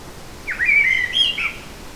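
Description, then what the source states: Eurasian blackbird giving one short song phrase over faint hiss. Recorded in a forest on 8 July 2018.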